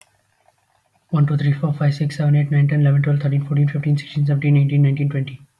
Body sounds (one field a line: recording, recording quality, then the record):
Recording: counting at a fast pace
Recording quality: excellent, no background noise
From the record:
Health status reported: healthy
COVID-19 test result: negative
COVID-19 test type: RT-PCR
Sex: male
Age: 20 years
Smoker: no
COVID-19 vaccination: both doses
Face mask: worn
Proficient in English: yes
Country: India